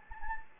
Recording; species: mosquito wingbeat signal from an infrared sensor; Anopheles gambiae